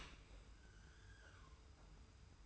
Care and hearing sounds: daily activity, microphone in the room; open dishwasher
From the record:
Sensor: 2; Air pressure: 991.2 hPa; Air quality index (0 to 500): 144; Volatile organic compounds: 317 ppm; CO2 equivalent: 4518 ppm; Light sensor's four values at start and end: 42/119/47/45 and 42/119/47/45

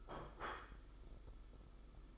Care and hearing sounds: daily activity, microphone in the room; place plate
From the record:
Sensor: 5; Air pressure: 991.0 hPa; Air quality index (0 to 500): 139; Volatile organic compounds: 100 ppm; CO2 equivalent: 3754 ppm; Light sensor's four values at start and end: 38/121/46/49 and 38/121/46/49

